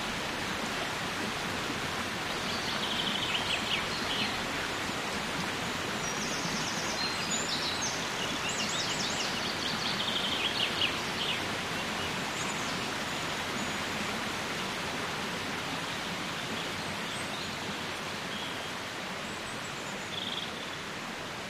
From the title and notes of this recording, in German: Water is the basic building block of life, the Black Forest has countless springs and streams. Today I am taking you along one such small stream. Naturklänge.